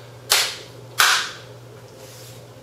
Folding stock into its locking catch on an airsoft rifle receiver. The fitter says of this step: and then it'll snap in place on this little piece right here this piece is very solid so don't worry about it breaking off